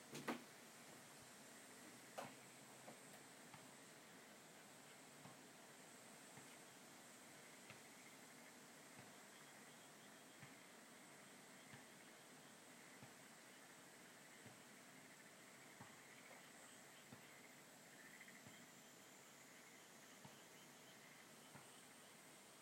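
Higurashi cicadas keep up their kana-kana calling throughout, a steady high ringing layered over a lower buzzing band. Everyday household sounds sit underneath: a constant low hum and scattered soft clicks and knocks, with sharper taps near the start and around two seconds.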